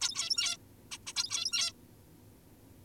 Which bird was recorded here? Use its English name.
Zebra Finch